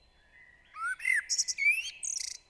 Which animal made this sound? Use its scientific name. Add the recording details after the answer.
Turdus merula. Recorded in Germany. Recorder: ecoPi